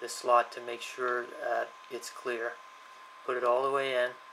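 A microSD card is being handled at the spring-loaded card slot of a Viofo A119 dash cam while someone talks. Nothing has seated or clicked yet.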